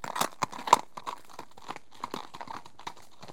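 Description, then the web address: Horse trotting, with irregular crunchy hoof clops in quick overlapping beats, several per second. Two horses trotting on a gravelly track, passing from left to right. "The BBC Sound Effects Library - Complete 60 CDs Collection Sound Effects Library-37 (Horses # 1 )"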